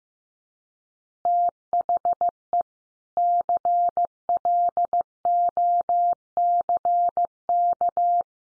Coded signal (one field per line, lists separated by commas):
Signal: Morse code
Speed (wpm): 15 wpm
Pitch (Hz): 700 Hz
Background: none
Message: THE CLOCK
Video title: Easy Phrases 15wpm